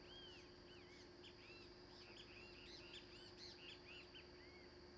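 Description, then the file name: Birds singing many short arched and upslurred whistles, overlapping steadily, over a constant low hum. Late afternoon, beside a running ferry motor. "Motor de balsa em fim de tarde com passaros, galinha e galo"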